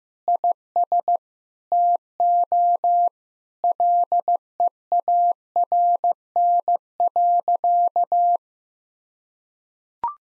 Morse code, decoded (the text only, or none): IS TO LEARN.